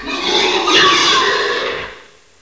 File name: PIG